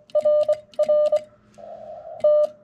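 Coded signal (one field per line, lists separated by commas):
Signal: Morse code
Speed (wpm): 18 wpm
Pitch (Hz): 600 Hz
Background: none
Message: R R T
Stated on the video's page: Morse sent on a 1961 Vibroplex bug during a cold Parks On The Air activation, TX-500 radio, 213-inch whip through a ZM-2 tuner.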